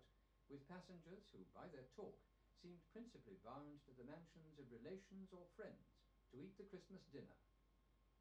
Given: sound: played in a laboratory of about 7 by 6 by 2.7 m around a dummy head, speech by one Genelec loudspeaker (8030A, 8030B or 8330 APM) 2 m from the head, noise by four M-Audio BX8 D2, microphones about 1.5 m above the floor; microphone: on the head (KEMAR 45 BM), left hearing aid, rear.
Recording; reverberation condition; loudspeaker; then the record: male speech in English; low; 90 degrees to the right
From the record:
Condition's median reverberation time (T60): about 310 ms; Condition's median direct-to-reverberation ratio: about 3.5 dB